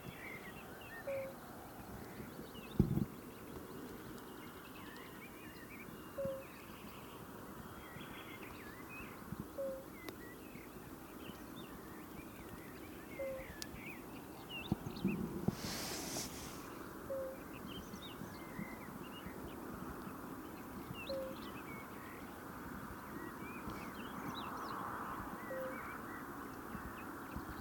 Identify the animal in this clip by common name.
Fire-Bellied Toad